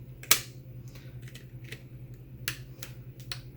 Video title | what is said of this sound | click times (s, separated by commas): How To Clean RIFT S Padding, Lenses, and Frame. No More Headset Stinks! | And then as each snap starts to snap in place, you can just gently squeeze each part. | 0.3 s, 2.5 s, 3.3 s